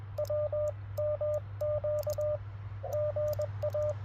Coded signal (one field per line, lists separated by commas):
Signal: Morse code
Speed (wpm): 21 wpm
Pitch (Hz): 600 Hz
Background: radio noise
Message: WMQ GA